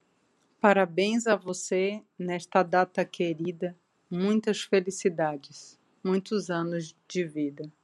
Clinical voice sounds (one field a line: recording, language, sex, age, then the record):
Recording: short text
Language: Brazilian Portuguese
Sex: female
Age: 40 to 49 years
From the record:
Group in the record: control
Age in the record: 48 years